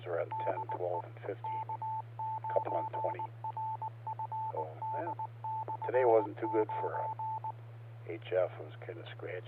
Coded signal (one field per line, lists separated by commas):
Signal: Morse code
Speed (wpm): 19 wpm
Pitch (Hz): 880 Hz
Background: speech, radio noise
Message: DE K9RFD/9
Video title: Friday Night Fun Net | Amateur Radio Worldwide Live Stream Radio | KD9MED